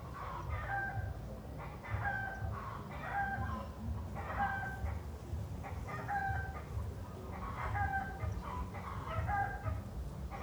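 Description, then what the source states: Chickens clucking and cackling in repeated nasal phrases, several birds together, with a continuous low rumble beneath. Hens cackling in the city.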